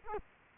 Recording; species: mosquito wingbeat signal from an infrared sensor; Culex quinquefasciatus